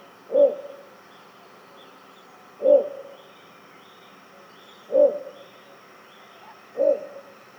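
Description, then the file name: Little bittern uttering four low, hollow barks, each a short punchy note about two seconds after the last, over faint high chirping. "torpegem-hangja -torpegem-Ixobrychus-minutus"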